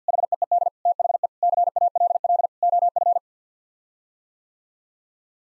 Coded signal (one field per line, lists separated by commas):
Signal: Morse code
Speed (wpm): 50 wpm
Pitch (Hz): 700 Hz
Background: none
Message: HEED THE CALL OF